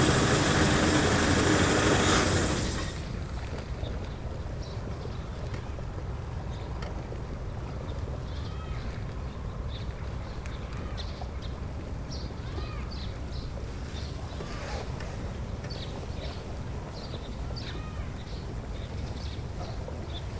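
A boat passes at the start with a loud, dense rush of water and engine that drops away after about three seconds. A steady low machine rumble follows, with scattered high squeaks and clicks throughout.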